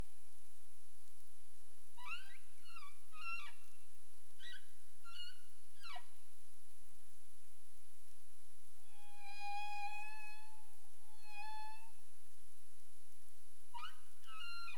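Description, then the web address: Humpback whale calls: a run of short harmonic upsweeps and chirps, then long level moaning tones around nine to twelve seconds, ending with more rising chirps; a faint steady high tone persists. 27 April 2035, 22:41:31 UTC. "CARIMAM. humpback whale"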